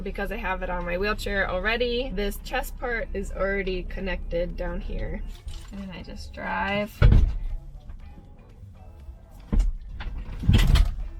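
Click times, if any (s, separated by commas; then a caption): 10.0 s. A power wheelchair rolls forward onto a van's floor-mounted docking lock while someone talks. The bolt under the chair latches into the metal dock with a sharp click at 10.0 seconds, and the chair is locked in.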